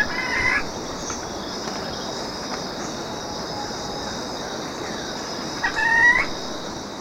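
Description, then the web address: Ruddy foliage-gleaner giving two short rising notes several seconds apart, over a steady high drone. Recorded in Ecuador. "Birds of Ecuador. Ruddy Foliage-gleaner"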